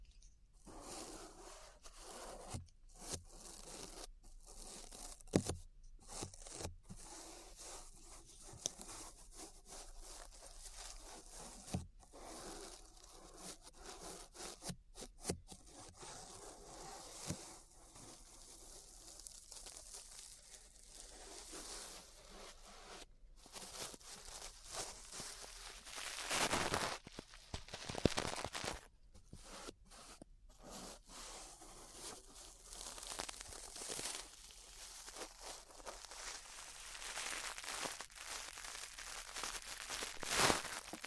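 Bright brushing and scraping strokes sweep across the ear in uneven bursts, broken by brief silent gaps, growing denser and louder toward the end.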